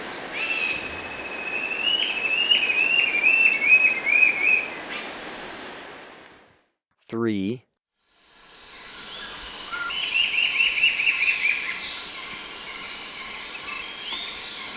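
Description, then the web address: Brown-billed scythebill giving two bouts of rapid, rhythmic wavering notes separated by a pause, with insect noise in the background. Ecuador. "Birds of Ecuador Brown-Billed Scythebill"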